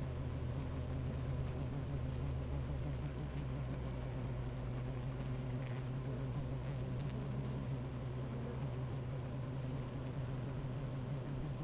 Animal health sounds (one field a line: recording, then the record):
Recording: honeybee colony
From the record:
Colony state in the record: active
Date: 28 July 2017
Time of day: 11:59